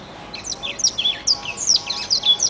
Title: Kicau Kacer